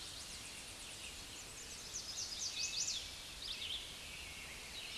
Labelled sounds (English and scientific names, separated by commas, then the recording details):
Chestnut-sided Warbler (Setophaga pensylvanica) song
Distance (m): 15 m
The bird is about 5 m above the microphone
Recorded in a Pennsylvania forest on 16 May 2024 at 06:43
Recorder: AudioMoth, point MSD-2039
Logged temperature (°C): 15.0 °C
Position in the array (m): 75 m, 104 m